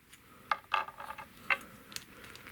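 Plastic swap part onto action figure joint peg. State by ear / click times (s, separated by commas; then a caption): not seated / none. A plastic swap part is being handled against an action figure's joint peg after earlier attempts to fit it failed. Short, sharp taps and rattles are heard around 0.5, 0.7, 1.1, 1.5 and 2.0 seconds over a quiet background. Nothing has seated or clicked into place yet.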